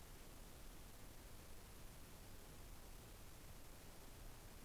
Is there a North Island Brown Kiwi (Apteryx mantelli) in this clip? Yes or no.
no